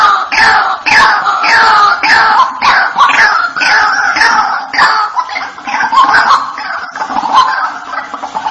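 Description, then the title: Loud, grating white-breasted waterhen calls, each a harsh downward-sliding croak, repeated in a rough rhythm throughout. "Panggilan Burung Ruak Ruak"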